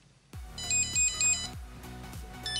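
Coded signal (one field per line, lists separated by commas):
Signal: none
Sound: cable tester beeps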